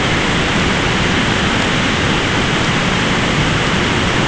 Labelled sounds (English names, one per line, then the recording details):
none
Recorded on Arctic tundra, site ZACK-1, on 14 June 2019
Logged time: 23:49